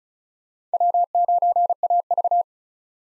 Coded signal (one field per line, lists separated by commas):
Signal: Morse code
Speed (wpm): 34 wpm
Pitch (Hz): 700 Hz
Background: none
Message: W9AV